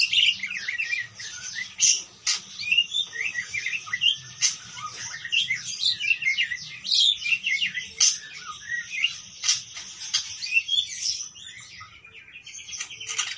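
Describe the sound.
Parakeets keep up lively chattering, rapid high chirps and squeaks tumbling over one another throughout, occasionally rising to sharper peaks.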